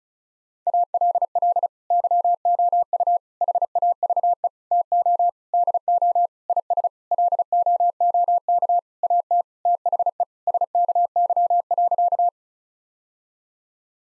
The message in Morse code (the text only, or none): ALL YOU HAVE TO DO IS LOOK AT THE SKY.